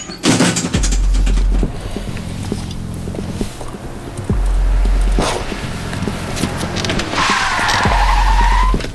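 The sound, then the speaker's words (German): A BMW's engine roars loudly in repeated surges as it drives past a phone booth on the other side of the street, broken by sharp bursts of noise, and a high screeching tire squeal rises near the end. No one speaks. “Aus dem Augenwinkel sah ich den BMW auf der anderen Straßenseite an der Telefonzelle vorbeifahren.”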